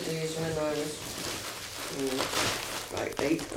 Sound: rustling paper

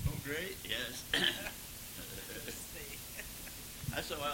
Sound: coughs

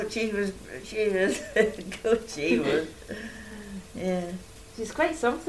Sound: laughs

